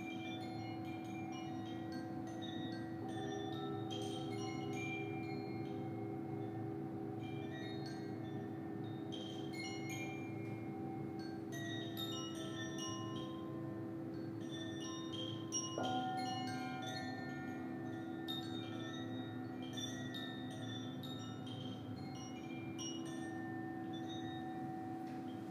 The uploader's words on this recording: This is the first track I recorded of Vicky and Emma at Omoon Studio in Tsim Sha Tsui, HK. Emma journeys around the room and plays singing bowls or other sound instruments to each participant while Vicky creates the overall mood in the space from a stationary position. Vicky played the singing bowls and tongue drum and Emma played the rain 'ring' and some bowls.